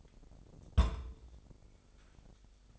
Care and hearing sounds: daily activity, microphone in the room; place on stove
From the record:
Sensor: 5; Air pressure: 999.5 hPa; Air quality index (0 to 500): 221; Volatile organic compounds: 20 ppm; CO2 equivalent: 2699 ppm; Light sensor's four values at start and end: 32/73/30/29 and 30/68/28/28

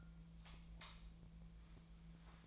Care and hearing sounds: daily activity, microphone in the room; light off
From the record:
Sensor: 1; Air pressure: 1009.8 hPa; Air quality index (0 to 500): 190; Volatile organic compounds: 18 ppm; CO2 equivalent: 2604 ppm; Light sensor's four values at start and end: 45/130/53/60 and 34/86/36/43

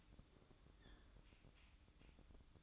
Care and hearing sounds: daily activity, microphone in the room; open fridge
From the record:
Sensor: 3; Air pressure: 1007.7 hPa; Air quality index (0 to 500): 79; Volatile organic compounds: 1 ppm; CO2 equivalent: 672 ppm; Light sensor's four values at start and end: 13/30/12/13 and 13/30/12/13

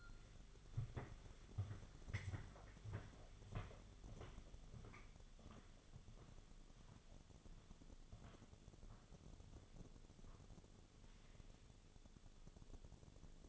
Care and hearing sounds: daily activity, microphone in the room; walk to room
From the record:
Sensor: 4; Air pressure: 1000.8 hPa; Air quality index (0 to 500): 114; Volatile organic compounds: 1 ppm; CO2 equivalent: 872 ppm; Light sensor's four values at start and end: 67/166/71/76 and 80/198/85/91

